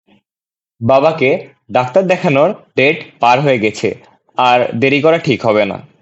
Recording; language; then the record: elicited speech; Bengali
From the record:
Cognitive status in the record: cognitively healthy